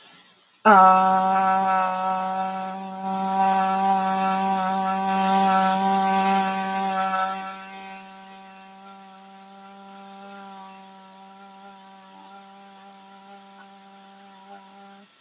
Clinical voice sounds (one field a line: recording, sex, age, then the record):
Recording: vowel held as long as possible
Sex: female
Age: 30 to 39 years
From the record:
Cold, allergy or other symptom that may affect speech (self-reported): no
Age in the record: 33 years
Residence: Minnesota, United States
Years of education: 13